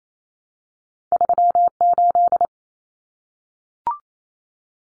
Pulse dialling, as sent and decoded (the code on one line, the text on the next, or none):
none